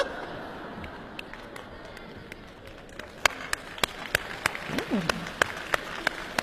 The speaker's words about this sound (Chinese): 这波观众怎么回事？怎么两头鼓掌啊？